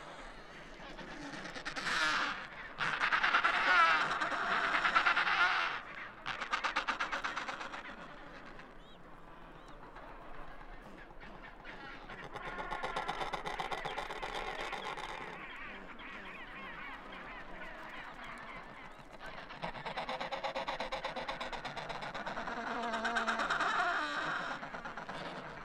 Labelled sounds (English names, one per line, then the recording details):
Adelie Penguin call
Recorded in the wild
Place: Kopaitic Island, Antarctica, AQ
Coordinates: -63.18, -57.55
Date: 2018-12-31
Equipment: Olympus LS-100, Sennheiser ME66
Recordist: Beaulieu, Michaël
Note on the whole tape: In Kolonie von Esels-, Zügel- und Adeliepinguinen. Küken